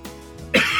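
A quiet, low voiced lead-in gives way to a sudden, loud, harsh cough burst that is strong in the higher pitches and cut off at the end. It is an ordinary single cough from an adult man who caught a cold a little while ago, just an ordinary cold, and is now recovering.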